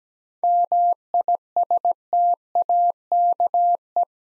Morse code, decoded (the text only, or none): MISTAKE